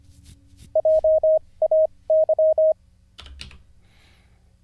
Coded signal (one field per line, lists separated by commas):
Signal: Morse code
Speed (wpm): 24 wpm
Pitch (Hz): 630 Hz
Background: none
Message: JAY